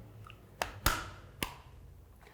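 A plastic sunshade hood is snapped onto the body of a Godox GM55 4K HDMI on-camera monitor, producing sharp plastic clicks at 0.6, 0.9 and 1.4 seconds. The hood seats securely on the monitor.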